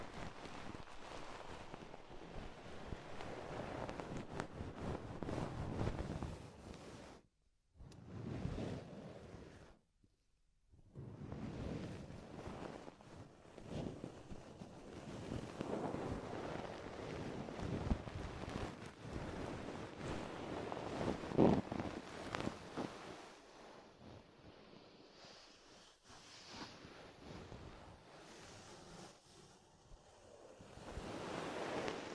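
Ear exploration sounds: a dense, rushing rustle of rubbing and scratching that swells and fades like surf. Two short silences break it near eight and ten seconds, another brief drop comes around 26 seconds, and the sound thins before building again at the end.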